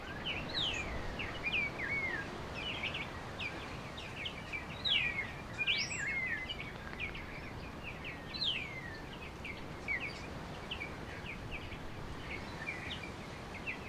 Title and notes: sounds from my garden this afternoon. one of the trees is full of birds and they're all talking to each other